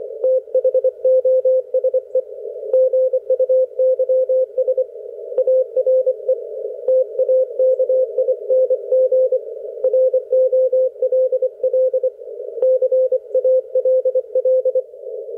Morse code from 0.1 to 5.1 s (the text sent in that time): THOSE GUYS